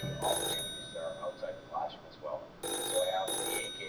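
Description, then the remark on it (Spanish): An old telephone bell rings in a living room at night, in three short, loud, rattling bursts, one early and two close together near the end, with faint talking and soft tones in the pause between. “De pronto, sonó el teléfono.”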